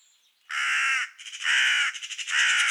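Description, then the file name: Carrion crow cawing: three long, drawn-out rasping caws in quick succession, loud and harsh, with brief ragged notes between them. "Corvus corone"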